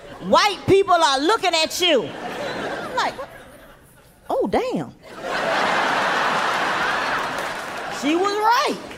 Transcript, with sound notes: White people are looking at you. I'm like, oh, damn.
(LAUGHTER)
She was right.